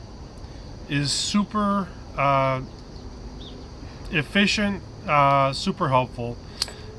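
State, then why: Seated. Someone talks while pushing the two halves of a plastic quick-release clip buckle on a bungee dog e-collar strap together. The buckle snaps shut with a sharp click at 6.6 s, locking in place.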